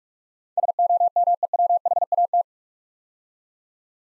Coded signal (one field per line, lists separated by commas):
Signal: Morse code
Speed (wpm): 44 wpm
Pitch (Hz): 700 Hz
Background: none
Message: SOMEWHAT